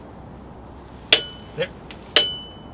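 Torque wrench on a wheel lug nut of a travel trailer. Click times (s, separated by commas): 1.1 s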